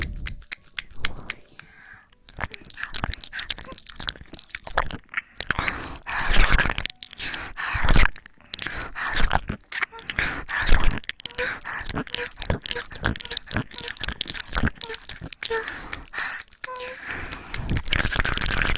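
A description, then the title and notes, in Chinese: Ear-licking and mouth sounds: a steady run of wet clicks, smacks and tongue sounds packed close together, sharp and bright, with a few brief quieter gaps early on and around the eight-second mark. Faint breathy, whisper-like sounds sit between the clicks. 舔耳+口腔音。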